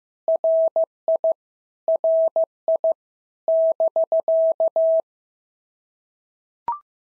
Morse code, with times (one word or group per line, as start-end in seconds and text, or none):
0.3-1.3 RI
1.9-2.9 RI
3.5-5.0 <BK>